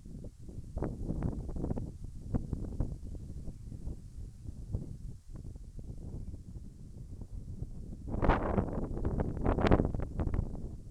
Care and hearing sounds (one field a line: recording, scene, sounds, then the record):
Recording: everyday scene through a hearing-aid microphone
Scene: wind on the microphone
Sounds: wind, birds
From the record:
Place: in front of a rural house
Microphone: behind the ear, left, rear